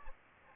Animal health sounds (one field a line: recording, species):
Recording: mosquito wingbeat signal from an infrared sensor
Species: Aedes aegypti